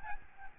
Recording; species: mosquito wingbeat signal from an infrared sensor; Aedes albopictus